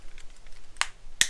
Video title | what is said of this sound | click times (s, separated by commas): HOW To Change HARLEY Key FOB battery #harley | just with a snap you'll hear it snap | 1.2 s